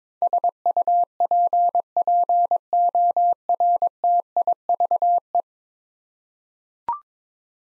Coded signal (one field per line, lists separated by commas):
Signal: Morse code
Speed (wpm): 22 wpm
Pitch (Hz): 700 Hz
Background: none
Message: SUPPORTIVE